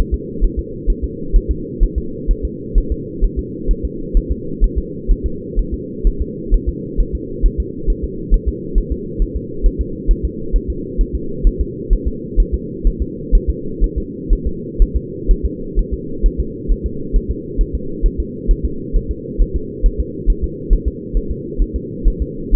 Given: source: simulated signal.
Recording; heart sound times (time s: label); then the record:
fetal heart sounds
0.14 s: S2
0.45 s: S1
0.59 s: S2
0.90 s: S1
1.04 s: S2
1.36 s: S1
1.51 s: S2
1.84 s: S1
1.98 s: S2
2.31 s: S1
2.45 s: S2
2.78 s: S1
2.92 s: S2
3.25 s: S1
3.39 s: S2
3.71 s: S1
3.85 s: S2
4.17 s: S1
4.31 s: S2
4.64 s: S1
4.78 s: S2
5.12 s: S1
5.26 s: S2
5.59 s: S1
5.74 s: S2
6.07 s: S1
6.22 s: S2
6.54 s: S1
6.69 s: S2
7.01 s: S1
7.15 s: S2
7.46 s: S1
7.60 s: S2
7.90 s: S1
8.04 s: S2
8.34 s: S1
8.48 s: S2
8.78 s: S1
8.92 s: S2
9.22 s: S1
9.36 s: S2
9.66 s: S1
9.81 s: S2
10.11 s: S1
10.25 s: S2
10.56 s: S1
10.70 s: S2
11.01 s: S1
11.15 s: S2
11.47 s: S1
11.61 s: S2
11.93 s: S1
12.08 s: S2
12.40 s: S1
12.54 s: S2
12.87 s: S1
13.02 s: S2
13.35 s: S1
13.50 s: S2
13.84 s: S1
13.98 s: S2
14.33 s: S1
14.47 s: S2
14.82 s: S1
14.97 s: S2
15.31 s: S1
15.45 s: S2
15.79 s: S1
15.94 s: S2
16.26 s: S1
16.40 s: S2
16.72 s: S1
16.86 s: S2
17.16 s: S1
17.31 s: S2
17.61 s: S1
17.75 s: S2
18.06 s: S1
18.20 s: S2
18.51 s: S1
18.65 s: S2
18.96 s: S1
19.11 s: S2
19.42 s: S1
19.56 s: S2
19.86 s: S1
20.00 s: S2
20.30 s: S1
20.44 s: S2
20.73 s: S1
20.88 s: S2
21.17 s: S1
21.31 s: S2
21.62 s: S1
21.76 s: S2
22.08 s: S1
22.22 s: S2
22.55 s: S1
From the record:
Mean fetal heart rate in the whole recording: 130 bpm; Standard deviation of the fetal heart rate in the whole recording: 4 bpm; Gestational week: 38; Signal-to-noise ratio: -4.3 dB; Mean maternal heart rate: 72 bpm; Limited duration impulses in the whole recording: absent